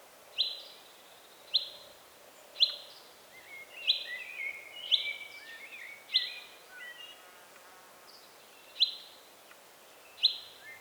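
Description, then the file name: Common chaffinch uttering a series of crisp, emphatic pink calls about once a second, with one longer pause near the end, mixed with faint chattering and whistles. "Fringilla coelebs"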